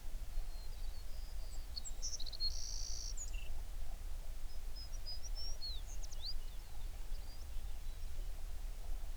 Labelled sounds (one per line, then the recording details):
songbird
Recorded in the Prudhoe Bay oil fields, Alaska, on 11 June 2019 at 04:46
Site 21